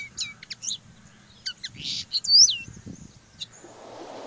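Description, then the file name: Common linnet song: a short run of chirps and one bright slurred whistle over a low rumble, with a hissing noise near the end. "Canto do pintarroxo"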